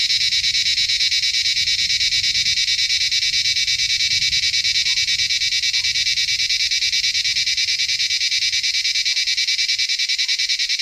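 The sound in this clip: Cicada call, a dense high buzzing drone pulsing steadily throughout, with a few faint short notes lower down in the background.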